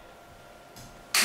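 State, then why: Seated. A breath sampling device's plug is pushed into the front port of a breath-test monitor. After a low, steady background and a faint rise near 0.8 s, a single sharp, bright click sounds at 1.2 s as the plug seats in the port.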